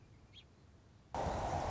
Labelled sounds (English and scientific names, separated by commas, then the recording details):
Song Sparrow (Melospiza melodia)
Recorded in Sonoma County, California